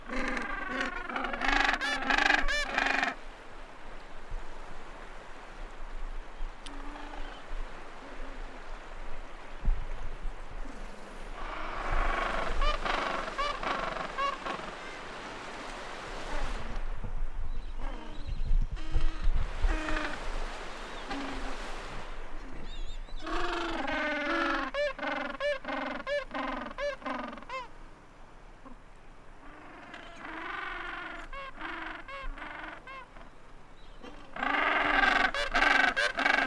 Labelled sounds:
Gentoo Penguin (Pygoscelis papua) call

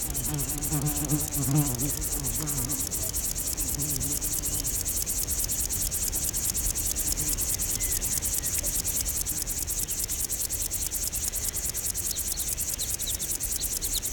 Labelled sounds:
Upland Field Grasshopper (Chorthippus apricarius) stridulation

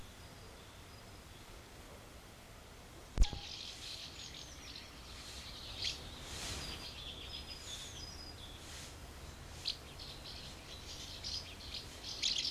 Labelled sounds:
Common House Martin (Delichon urbicum) call

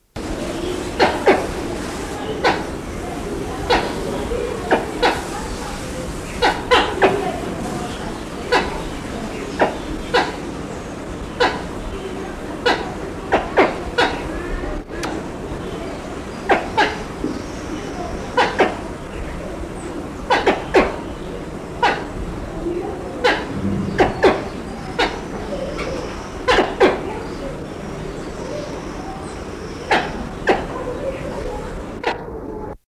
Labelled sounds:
Wrinkled Hornbill (Aceros corrugatus) call

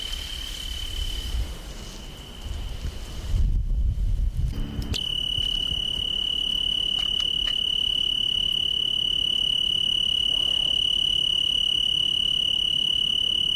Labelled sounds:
Tree Cricket (Oecanthus pellucens) stridulation

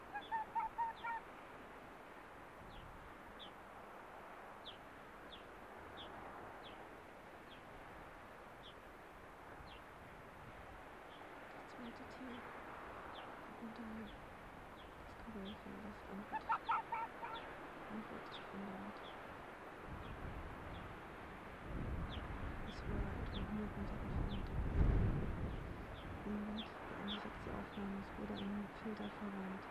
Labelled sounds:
Arctic Fox (Vulpes lagopus)

